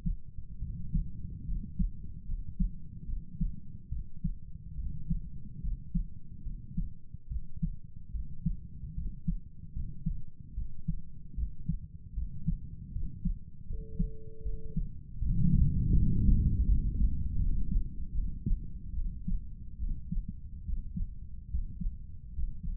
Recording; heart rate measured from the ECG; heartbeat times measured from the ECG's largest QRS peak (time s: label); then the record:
heart sounds by stethoscope; 75 bpm
0.60 s: heartbeat
1.46 s: heartbeat
2.26 s: heartbeat
3.06 s: heartbeat
3.90 s: heartbeat
4.76 s: heartbeat
5.62 s: heartbeat
6.44 s: heartbeat
7.29 s: heartbeat
8.12 s: heartbeat
8.95 s: heartbeat
9.73 s: heartbeat
10.55 s: heartbeat
11.35 s: heartbeat
12.15 s: heartbeat
12.93 s: heartbeat
13.67 s: heartbeat
14.43 s: heartbeat
15.19 s: heartbeat
15.94 s: heartbeat
16.65 s: heartbeat
17.37 s: heartbeat
18.13 s: heartbeat
18.94 s: heartbeat
19.78 s: heartbeat
20.64 s: heartbeat
21.49 s: heartbeat
22.33 s: heartbeat
From the record:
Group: healthy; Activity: rest 0-14 s, Valsalva maneuver 14-23 s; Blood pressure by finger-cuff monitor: 115/70 mmHg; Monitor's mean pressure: 82 mmHg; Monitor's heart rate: 74 bpm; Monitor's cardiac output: 7.3 L/min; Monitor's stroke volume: 99 mL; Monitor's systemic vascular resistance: 810 dyn s/cm5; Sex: male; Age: 35 years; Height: 180 cm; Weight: 86.9 kg